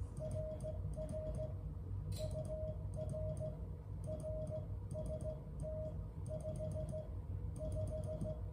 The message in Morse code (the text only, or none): RR UR RST 55